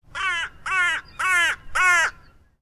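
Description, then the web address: Crow giving four harsh, hoarse caws in a steady row, with short gaps between, no other sounds. Four krah calls in a row. "Lynne Music 2 Bird-Crow-Krah-4-Times"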